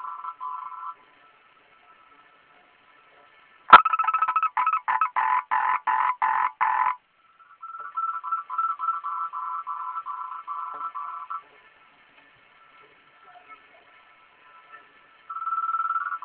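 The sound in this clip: Frog with a sharp click, then a three-second series of rasping pulses, a long softer trill, and another trill starting at the end.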